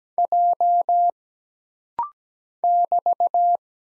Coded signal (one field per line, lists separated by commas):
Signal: Morse code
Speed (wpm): 17 wpm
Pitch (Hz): 700 Hz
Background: none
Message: J <BT>